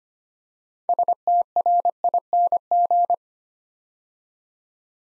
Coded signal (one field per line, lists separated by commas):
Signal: Morse code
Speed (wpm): 25 wpm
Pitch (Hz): 700 Hz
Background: none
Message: STRING